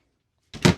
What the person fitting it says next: Là aussi, tous les placards se ferment, se clipsent.